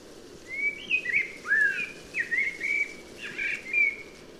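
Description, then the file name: Common blackbird in song, a leisurely series of warbled whistles, each swooping and bending, repeated in short phrases. "Turdus merula"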